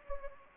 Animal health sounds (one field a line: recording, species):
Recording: mosquito wingbeat signal from an infrared sensor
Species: Anopheles gambiae